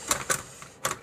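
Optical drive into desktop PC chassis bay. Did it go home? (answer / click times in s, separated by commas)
no / none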